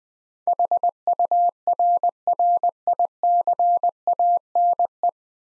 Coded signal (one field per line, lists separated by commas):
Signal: Morse code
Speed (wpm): 20 wpm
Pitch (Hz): 700 Hz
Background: none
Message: HURRICANE